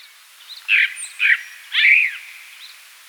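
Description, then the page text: Tibetan blackbird giving two short full notes, then a longer warbled phrase, against soft high background twittering. "Tibetan Blackbird Song. Quick Sounds"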